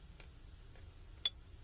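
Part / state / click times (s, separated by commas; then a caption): RAM module into laptop memory slot / seated / 1.3 s. A SO-DIMM memory stick is slid into the memory slot of an MSI Thin 15 laptop during a RAM upgrade from 16 GB to 32 GB, with the side retaining clips pried out a little beforehand. After two faint ticks, the module is pushed down and the clips snap over it with one sharp click at 1.3 s. The module is seated.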